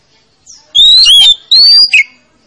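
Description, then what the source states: Oriental magpie-robin song with two rich, warbled whistled phrases, the second rising steadily before a short drop. Played as a lure to coax a reluctant, lazy-singing magpie-robin into singing.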